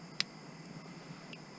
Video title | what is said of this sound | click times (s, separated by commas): Installing AUXITO LED's in my Friend Derek's 2010 Charger SRT-8 (9006 Low Beams) | did that connect this that connector snaps in there pretty good it does it's actually made really well like | 0.2 s